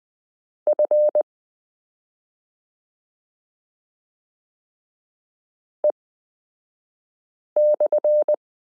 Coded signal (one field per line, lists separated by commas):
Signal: Morse code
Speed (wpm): 20 wpm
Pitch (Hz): 600 Hz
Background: none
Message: F E/